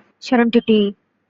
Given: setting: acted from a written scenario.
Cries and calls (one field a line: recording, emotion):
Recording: vocal sound without words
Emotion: serenity